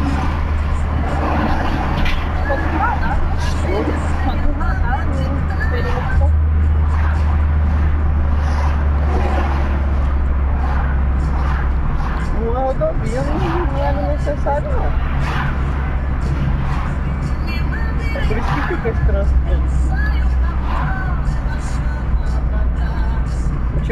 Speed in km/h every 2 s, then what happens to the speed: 69, 71, 71, 69, 65, 59, 58, 58, 60, 59, 56, 53.
0-5 steady at about 71. 5-9 slows to 59. 9-16 steady at about 58. 16-24 slows to 53.